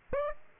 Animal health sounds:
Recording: mosquito wingbeat signal from an infrared sensor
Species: Aedes aegypti

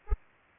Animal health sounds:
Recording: mosquito wingbeat signal from an infrared sensor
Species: Culex pipiens

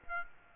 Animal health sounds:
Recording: mosquito wingbeat signal from an infrared sensor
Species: Aedes aegypti

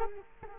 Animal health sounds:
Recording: mosquito wingbeat signal from an infrared sensor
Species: Culex quinquefasciatus

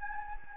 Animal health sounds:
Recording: mosquito wingbeat signal from an infrared sensor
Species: Anopheles gambiae

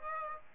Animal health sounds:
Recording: mosquito wingbeat signal from an infrared sensor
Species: Aedes aegypti

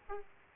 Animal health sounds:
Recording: mosquito wingbeat signal from an infrared sensor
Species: Aedes aegypti

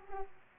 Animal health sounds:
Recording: mosquito wingbeat signal from an infrared sensor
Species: Aedes aegypti

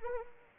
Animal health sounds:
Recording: mosquito wingbeat signal from an infrared sensor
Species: Anopheles arabiensis

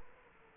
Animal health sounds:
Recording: mosquito wingbeat signal from an infrared sensor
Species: Culex quinquefasciatus

